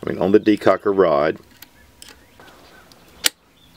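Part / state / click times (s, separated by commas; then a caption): decocker lever into pistol frame / seated / 3.3 s. Someone talks briefly, then the decocker assembly with its spring is pushed through a CZ P07/P09 pistol frame onto the decocker rod while the ejector is held down. A few faint small ticks are heard before it snaps home with a single sharp, loud click at 3.3 s. The decocker lever is seated in the frame.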